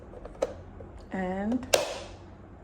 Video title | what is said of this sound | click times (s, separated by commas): Unboxing & Review of the Müeller Pro-Series Multi-Chopper /Slicer | make sure you hear that click and that click tells you it's fixed in securely and | 0.4 s